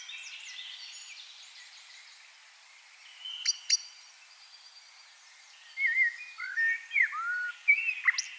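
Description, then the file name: Common blackbird song: a quiet start with faint high twittering and a couple of sharp clicks, then fluted warbling phrases in the last few seconds. "Turdus merula"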